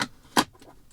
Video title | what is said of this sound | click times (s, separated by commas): SHOWING MODEL 3 SOME LOVE!: Best USB hub and headrest for the Tesla Model 3 | it clicked into place completely flush with the surface I love it | 0.4 s